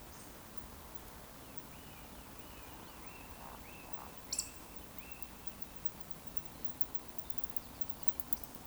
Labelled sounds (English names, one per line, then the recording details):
Eurasian Woodcock whistle
Eurasian Woodcock croak
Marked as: whistle, croak, whistle, whistle
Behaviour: display flight
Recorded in Baden-Württemberg, Germany, on 12 June 2020 at 20:22 UTC
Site 14569, 102 m above sea level